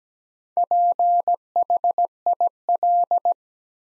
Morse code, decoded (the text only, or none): PHIL